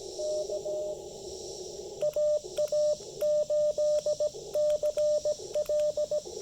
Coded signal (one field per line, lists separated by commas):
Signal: Morse code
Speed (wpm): 17 wpm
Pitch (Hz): 600 Hz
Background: radio noise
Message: K AA8CL